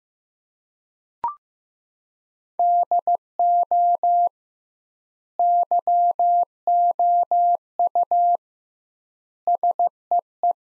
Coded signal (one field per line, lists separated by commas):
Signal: Morse code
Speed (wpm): 15 wpm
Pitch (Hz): 700 Hz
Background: none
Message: DO YOU SEE